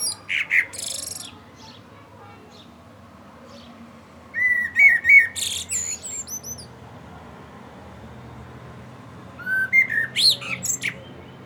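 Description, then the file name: Common blackbird song: three separated phrases of fluted whistles and high, squeaky twitters, with quiet pauses between. "Turdus merula"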